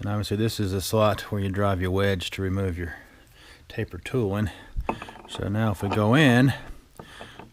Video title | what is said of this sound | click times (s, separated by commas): Making a taper lock key for the boring mill | see that would be where the slot would line up perfectly as you can see we're not seated | none